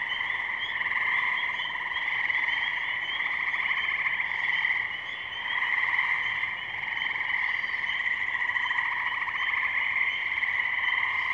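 Frog chorus of many overlapping pulsed trills, a continuous ringing drone that swells and dips slightly in loudness.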